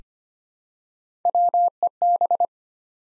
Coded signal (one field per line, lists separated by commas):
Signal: Morse code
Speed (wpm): 25 wpm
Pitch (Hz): 700 Hz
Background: none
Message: WEB